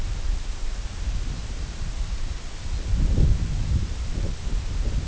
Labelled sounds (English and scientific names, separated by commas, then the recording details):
none
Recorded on Arctic tundra, site IGLO-D, on 19 June 2018
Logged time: 14:00